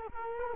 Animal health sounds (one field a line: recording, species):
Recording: mosquito wingbeat signal from an infrared sensor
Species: Culex quinquefasciatus